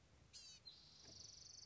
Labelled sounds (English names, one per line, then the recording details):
Blue-gray Gnatcatcher
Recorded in Sonoma County, California